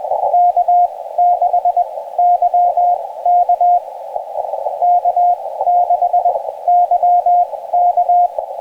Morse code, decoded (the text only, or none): K6 YK K6 YK